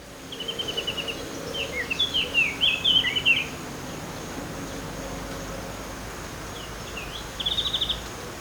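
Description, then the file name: Eurasian blackcap song: a short trill leading into a fast, jumbled warble, then a pause and another brief trill, with steady background hiss. "Sylvia atricapilla"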